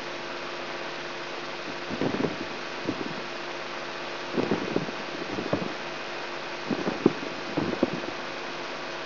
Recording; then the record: brain microelectrode recording played as sound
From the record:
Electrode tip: inside the subthalamic nucleus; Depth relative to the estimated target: -2 mm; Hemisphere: right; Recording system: AlphaMap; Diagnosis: Parkinson's disease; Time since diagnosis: 16 years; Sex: male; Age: 67 years